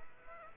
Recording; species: mosquito wingbeat signal from an infrared sensor; Aedes aegypti